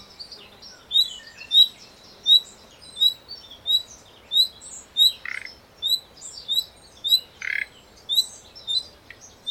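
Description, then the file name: Common nightingale calling, quick high whistles repeated, broken by two short rasping notes. "Luscinia megarhynchos"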